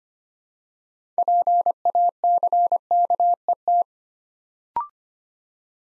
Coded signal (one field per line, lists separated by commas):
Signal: Morse code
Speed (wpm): 25 wpm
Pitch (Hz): 700 Hz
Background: none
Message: PACKET